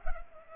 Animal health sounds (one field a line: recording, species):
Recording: mosquito wingbeat signal from an infrared sensor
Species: Culex pipiens